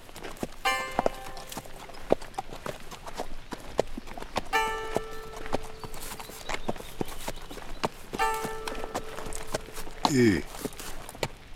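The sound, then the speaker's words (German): A horse's hooves clip-clop in a steady, even rhythm of sharp knocks as its rider halts it in drizzle under a leaden sky, joined three times by short bright ringing tones and ending with a brief rising squeal. “hielt sein Pferd an und warf einen sorgenvollen Blick zum bleiernen Himmel.”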